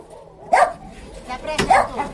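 A shelter dog named Batman, probably born in the shelter, gives two sharp, mid-pitched barks about a second apart, each a short loud burst with a brief trailing tail, over a low background hum.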